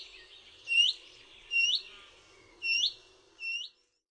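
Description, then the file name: Willow warbler giving short, clear upslurred whistled calls, four notes spaced roughly a second apart, with a faint higher overtone above each. "PIECUSZEK"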